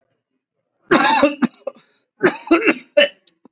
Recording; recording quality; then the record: heavy voluntary cough; excellent, no background noise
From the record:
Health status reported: COVID-19 positive, mild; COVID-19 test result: positive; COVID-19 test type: RT-PCR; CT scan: taken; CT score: 17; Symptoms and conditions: cough, breathing difficulty, fatigue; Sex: male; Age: 48 years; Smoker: no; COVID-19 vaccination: one dose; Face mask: not worn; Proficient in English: yes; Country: India